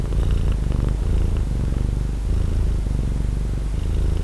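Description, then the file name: Domestic cat purring, a steady low rumbling throb throughout, no other sounds. Domestic cat purring, recorded 23 February 2011. "Purring Domestic Cat Donna"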